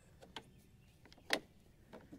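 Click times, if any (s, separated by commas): 1.3 s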